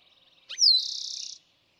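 Eastern towhee song: faint rapid chips, then a quick note, a falling slur and a buzzy sustained trill.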